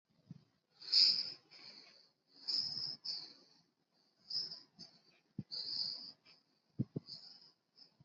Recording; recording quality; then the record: shallow breathing; moderate, slight background noise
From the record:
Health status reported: healthy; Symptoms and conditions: cough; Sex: female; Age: 32 years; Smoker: not ticked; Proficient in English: yes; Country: India